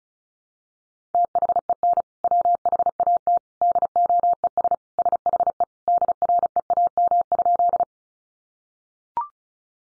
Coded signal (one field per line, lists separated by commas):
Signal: Morse code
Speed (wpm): 34 wpm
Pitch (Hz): 700 Hz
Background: none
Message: THEN WHAT DOES SHE DREAM?